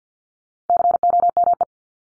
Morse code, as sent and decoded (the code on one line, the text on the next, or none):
-.-. --- -- .
COME